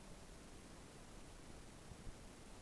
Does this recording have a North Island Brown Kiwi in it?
no